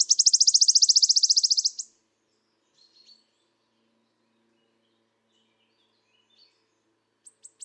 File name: Mathias Ritschard - Penochka-trecshotka Phylloscopus sibilatrix